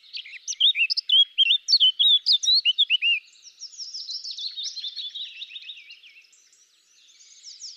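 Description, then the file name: Eurasian blackcap song: a burst of loud, clear, rapidly changing warbled notes for about three seconds, then a long quieter scratchy chattering warble. "Sylvia atricapilla"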